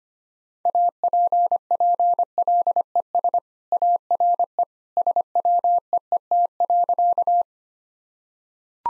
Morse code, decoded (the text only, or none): APPLES ARE SWEET.